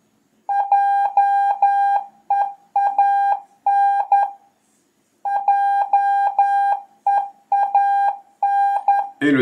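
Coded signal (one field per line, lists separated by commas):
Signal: Morse code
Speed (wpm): 10 wpm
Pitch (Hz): 800 Hz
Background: none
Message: JEAN JEAN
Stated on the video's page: Beginner CW lesson showing a typical QSO with Q code and abbreviations.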